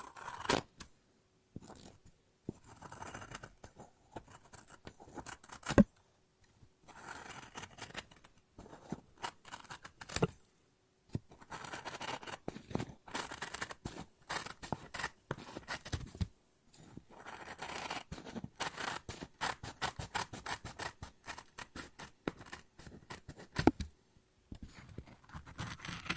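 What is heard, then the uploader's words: Scissors snip and cut paper in quick, crisp bursts, with short silent pauses between runs of sharp, bright clicks and rustling slices. ASMR Scissors No Talking Snips and Cutting Paper.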